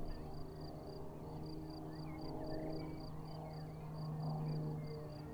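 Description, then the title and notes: Cricket chirping continues as a thin, regular high pulsing over a loud, swelling engine drone, with faint bird twitters. Crickets chirping at Vogtsburg im Kaiserstuhl, Germany, with a view over the wide plain; engine noise from a small aircraft is heard. "Unnamed Road, 79235 Vogtsburg im Kaiserstuhl, Deutschland - Grillen zirpen. Zirpen der Grillen. Motorenlärm eines Kleinflugzeugs"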